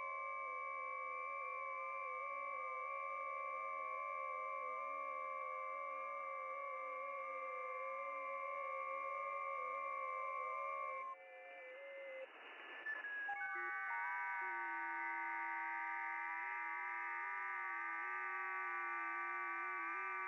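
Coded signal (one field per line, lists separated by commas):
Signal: FT8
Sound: many overlapping steady warbling tones, pausing briefly before starting again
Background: radio static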